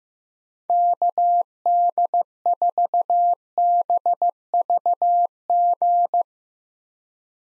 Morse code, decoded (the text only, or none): KD4BVG